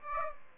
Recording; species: mosquito wingbeat signal from an infrared sensor; Aedes aegypti